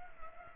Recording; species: mosquito wingbeat signal from an infrared sensor; Culex pipiens